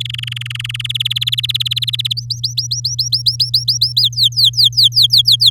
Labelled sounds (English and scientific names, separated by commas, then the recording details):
Domestic Canary (Serinus canaria) song
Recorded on 8 May 2018 at 11:05
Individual llb16